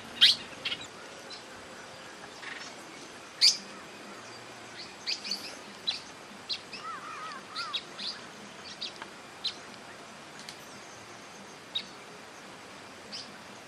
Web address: sound Pale-baywing